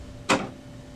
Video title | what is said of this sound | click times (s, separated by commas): HP OfficeJet Pro 9015 - Onyx Imaging - OKC Printer Repair - Replace Ink Cartridges | we'll pop out and then | 0.3 s